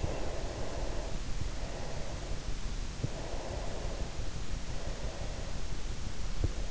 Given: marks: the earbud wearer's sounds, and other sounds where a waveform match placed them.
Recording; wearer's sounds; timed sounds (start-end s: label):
sounds in sleep by an in-ear microphone; breath
0.00-2.33 s: breath
3.14-6.26 s: breath